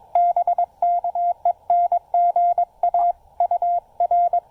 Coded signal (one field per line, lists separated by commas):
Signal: Morse code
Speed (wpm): 19 wpm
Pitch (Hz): 700 Hz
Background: none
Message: BK EN GA UR